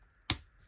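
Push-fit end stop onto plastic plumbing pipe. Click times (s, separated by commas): 0.3 s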